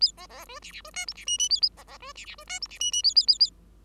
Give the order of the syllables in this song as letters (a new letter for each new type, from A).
A B B C D D C E F D G G A B B C D D C E F D G G A A A A